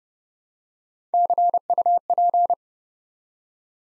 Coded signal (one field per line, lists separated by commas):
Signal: Morse code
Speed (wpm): 28 wpm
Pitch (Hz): 700 Hz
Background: none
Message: CUP